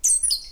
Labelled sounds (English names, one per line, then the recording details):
Stitchbird song
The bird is a male
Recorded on Tiritiri Matangi Island, New Zealand, in 2005
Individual 4, of nest box 4